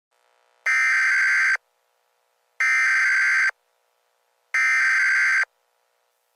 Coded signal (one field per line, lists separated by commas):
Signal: Emergency Alert System (SAME) tones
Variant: header bursts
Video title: The Gloomo Hotel Disaster | An EAS Scenario